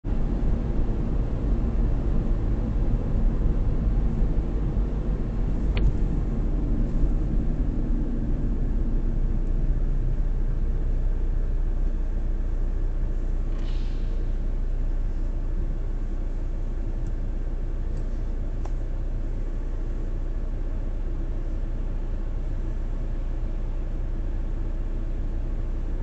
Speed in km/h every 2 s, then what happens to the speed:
43, 39, 36, 27, 11, 5, 1, 1, 0, 0, 0, 0, 0.
0-12 brakes to 1. 12-26 standing.